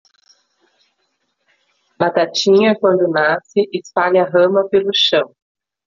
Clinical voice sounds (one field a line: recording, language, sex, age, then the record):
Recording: short text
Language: Brazilian Portuguese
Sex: female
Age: 40 to 49 years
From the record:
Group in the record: control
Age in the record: 47 years